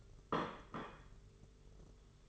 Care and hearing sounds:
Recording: daily activity, microphone in the room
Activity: place plate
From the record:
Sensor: 4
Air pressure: 991.6 hPa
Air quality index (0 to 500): 127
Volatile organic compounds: 36 ppm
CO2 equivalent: 3087 ppm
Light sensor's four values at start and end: 20/65/24/24 and 20/65/24/24

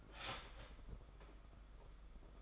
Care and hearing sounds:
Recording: daily activity, microphone in the room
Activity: start toaster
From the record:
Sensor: 5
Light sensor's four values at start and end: 32/108/40/43 and 32/108/40/43

